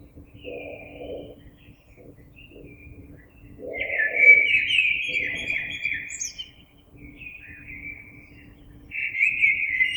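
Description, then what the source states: Common blackbird singing mellow fluted phrases, one long warbled phrase with a high twittering ending, separated by short pauses; soft low hoots sound underneath. Recorded 26 April 2022.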